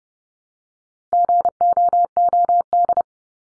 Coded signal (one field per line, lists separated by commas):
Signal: Morse code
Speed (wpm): 30 wpm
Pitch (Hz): 700 Hz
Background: none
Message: GOOD